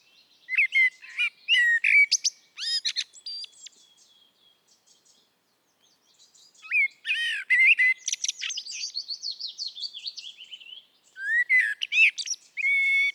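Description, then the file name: Common blackbird song: three phrases, each a low fluted warble ending in a high, squeaky twitter, with gaps between phrases. "Turdus merula"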